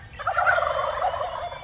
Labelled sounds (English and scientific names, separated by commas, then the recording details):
Wild Turkey (Meleagris gallopavo)
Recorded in Sonoma County, California